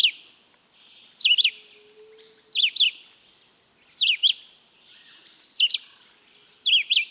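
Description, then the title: Red-eyed Vireo singing brief sharp whistled phrases, each a fast rising and falling double note, repeated about every one and a half seconds. Song used as a master recording for training pet birds. "LuckyPassaro Completos2Sama. Red-eyed Vireo (Vireo olivaceus)"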